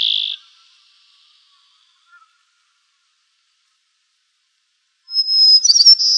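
White-crowned sparrow song, the last low whistled note of one phrase, silence, then a new phrase opening with a clear high whistle that breaks into jumbled notes, cut off.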